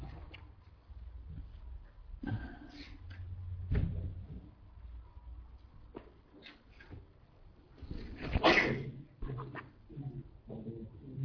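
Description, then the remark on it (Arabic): A single sharp sneeze bursts out loudly after several seconds of low shuffling and murmuring background noise, followed by a few softer rustles. “يرحمك الله.”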